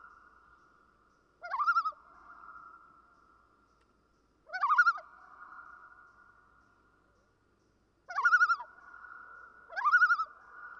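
Four common loon calls spread over several seconds, each a brief upward glide into a shaky, quavering tremolo with a fading tone afterward.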